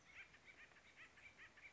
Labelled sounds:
Acorn Woodpecker
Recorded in Sonoma County, California

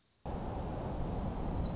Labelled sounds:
Orange-crowned Warbler
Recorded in Sonoma County, California

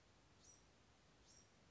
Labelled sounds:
Bewick's Wren
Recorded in Sonoma County, California

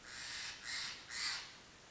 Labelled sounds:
Steller's Jay
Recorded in Sonoma County, California

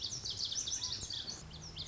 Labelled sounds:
Lazuli Bunting
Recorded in Sonoma County, California

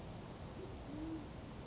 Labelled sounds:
Band-tailed Pigeon
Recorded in Sonoma County, California

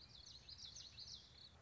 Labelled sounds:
Common Yellowthroat
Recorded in Sonoma County, California

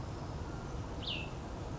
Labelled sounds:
Cassin's Vireo
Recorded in Sonoma County, California

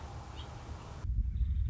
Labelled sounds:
Nuttall's Woodpecker
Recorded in Sonoma County, California

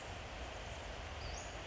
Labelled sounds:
Western Flycatcher
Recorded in Sonoma County, California

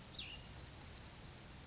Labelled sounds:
Cassin's Vireo
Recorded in Sonoma County, California

